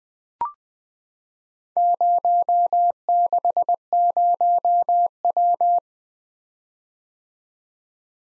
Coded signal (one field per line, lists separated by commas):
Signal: Morse code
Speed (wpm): 20 wpm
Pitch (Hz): 700 Hz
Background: none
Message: 060W